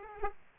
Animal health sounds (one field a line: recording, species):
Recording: mosquito wingbeat signal from an infrared sensor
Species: Aedes aegypti